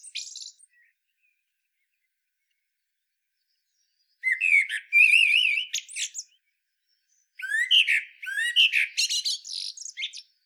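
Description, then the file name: Common blackbird song: a brief high squeak at the start, then two warbled phrases of whistles ending in thin, scratchy twittering, with quiet gaps between them. "Turdus merula"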